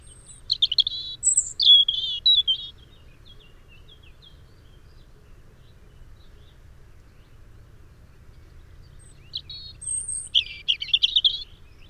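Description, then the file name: European robin singing two separate phrases of high, tinkling, varied notes and quick trills, with a long silent gap between them and faint low background hum. "Erithacus rubecula"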